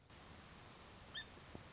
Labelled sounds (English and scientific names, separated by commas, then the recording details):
Song Sparrow (Melospiza melodia)
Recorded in Sonoma County, California